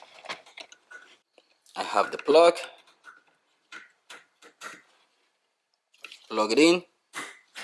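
The wiring harness plug is being handled at the back of a Zethors H11 LED fog light bulb on a 2021 RAV4 while someone talks, with a few faint short taps and handling noises. The plug has not seated or clicked into the bulb yet.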